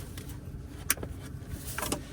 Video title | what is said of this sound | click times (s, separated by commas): BMW F10 (2015) Charcoal filter replacement & dust filter. | And I think I heard the click. | 0.9 s